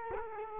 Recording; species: mosquito wingbeat signal from an infrared sensor; Culex quinquefasciatus